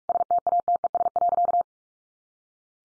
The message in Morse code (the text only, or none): STATES.